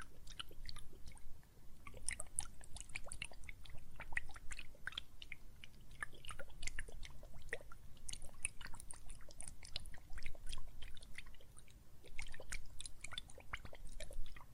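Soapy foam crackles and pops with dense, irregular bursts of tiny bright clicks that continue steadily for the whole fifteen seconds. A soft, low wet rumble sits underneath, and the popping thins briefly around the sixth and twelfth seconds before picking up again.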